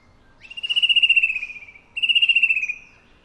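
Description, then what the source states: Fan-tailed berrypecker calls: two buzzy, rapidly pulsed high notes, the first about a second and a half long and the second under a second, separated by a short pause, with a faint low hum behind. Papua New Guinea.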